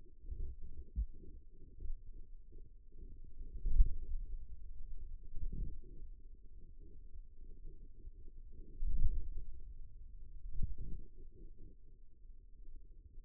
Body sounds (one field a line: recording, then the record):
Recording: forearm muscle sounds (acoustic myography)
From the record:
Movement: wrist flexion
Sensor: system 2, bracelet of six BSWA MPA416 microphones around the upper forearm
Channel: 3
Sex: male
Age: 22 years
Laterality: right